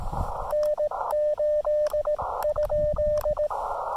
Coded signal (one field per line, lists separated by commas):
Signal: Morse code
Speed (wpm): 18 wpm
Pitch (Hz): 590 Hz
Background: radio noise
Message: N8?